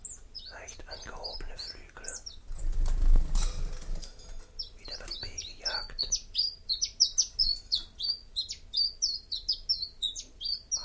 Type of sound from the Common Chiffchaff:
song